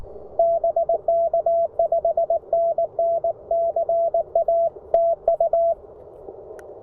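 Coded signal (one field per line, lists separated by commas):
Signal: Morse code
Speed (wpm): 19 wpm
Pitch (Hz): 670 Hz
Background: none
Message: BK 5NN CA TU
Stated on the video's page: POTA park activation on CW with a self-designed CFT1 transceiver, possibly keyed with an iambic paddle and using an end-fed halfwave antenna.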